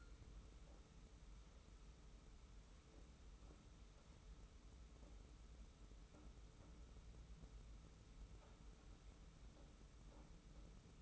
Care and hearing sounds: daily activity, microphone in the room; wipe stove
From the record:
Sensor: 1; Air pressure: 991.5 hPa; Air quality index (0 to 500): 135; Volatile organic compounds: 545 ppm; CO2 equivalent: 4876 ppm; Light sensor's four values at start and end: 40/124/49/50 and 40/124/49/50

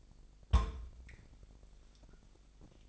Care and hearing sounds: daily activity, microphone in the room; place on stove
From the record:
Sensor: 5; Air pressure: 999.4 hPa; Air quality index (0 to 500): 223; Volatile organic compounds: 21 ppm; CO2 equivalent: 2722 ppm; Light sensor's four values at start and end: 31/72/29/28 and 30/68/28/28

